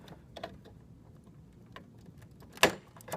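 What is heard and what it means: A RAM memory module is pressed down on both ends into a DIMM slot on a Dell Optiplex 330 desktop motherboard until the plastic retention latches on each side snap closed. After a few faint ticks, sharp clicks come at 1.8 s and a much louder one at 2.6 s. Both latches are confirmed in and the module is seated.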